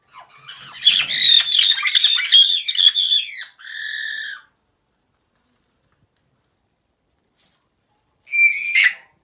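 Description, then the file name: Caique screams: a dense burst of harsh, raspy squawks for about three seconds, then a shorter buzzy screech, a long silence, and one more shrill harmonic scream. Caique parrots screaming. "kak kricat popugai kaiki"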